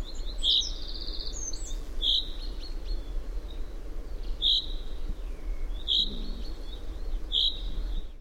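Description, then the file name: Common chaffinch calling with bright, clipped single notes, five in a row at somewhat uneven intervals, with constant low-pitched background hum. "Fringilla coelebs"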